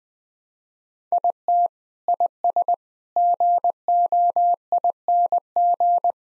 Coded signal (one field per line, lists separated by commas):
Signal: Morse code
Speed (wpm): 21 wpm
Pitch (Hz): 700 Hz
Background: none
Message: IT IS GOING